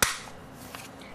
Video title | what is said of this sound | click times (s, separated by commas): Crosman "Vigilante" - Review | just snaps into place | 0.0 s